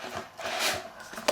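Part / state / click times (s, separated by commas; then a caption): tablet in keyboard cover holder slot / not seated / none. An iPad Air is set into the magnetic holder slot of a Logitech Ultrathin Keyboard Cover and moved around, giving soft rubbing and scraping sounds and a brief sharp tap near 1.3 s. The tablet does not lock into the slot and nothing clicks, unlike the earlier version of the cover, which gave a big click.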